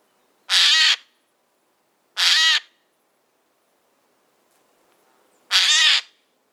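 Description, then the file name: Eurasian jay giving three harsh, rasping screeches, each about half a second long, with long quiet gaps between them. "Garrulus glandarius"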